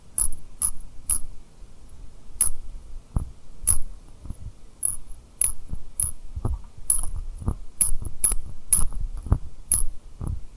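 Rhinestones tapped and rubbed in quick, irregular clicks with bright glinting ticks, plus soft low rustling and brief mouth-like sounds throughout.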